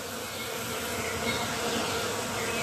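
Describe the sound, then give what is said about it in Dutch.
A steady, unbroken drone of many insects buzzing around a richly flowering privet in Doorn, a dense mid-pitched hum that holds at an even loudness throughout with no voices. “dan word je helemaal moe en loom van dat continue gezoem.”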